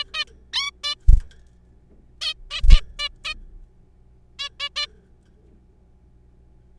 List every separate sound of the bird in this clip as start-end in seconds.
0.14-0.24, 0.53-0.71, 0.84-0.95, 2.21-2.34, 2.51-2.61, 2.70-2.80, 2.99-3.08, 3.25-3.34, 4.39-4.49, 4.60-4.69, 4.76-4.86